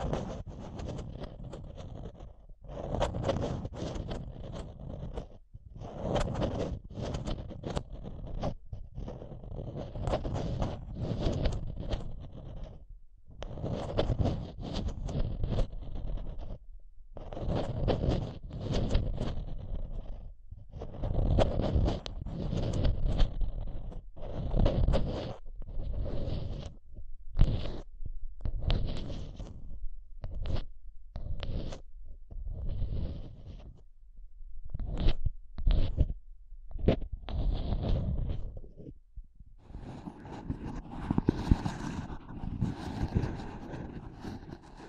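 Tapping and scratching on a microphone, in dense bursts that start and stop every second or two with short silent gaps between them. The strokes are rough and scraping and full-bodied, with a thud underneath. Near the end they turn brighter and hissier.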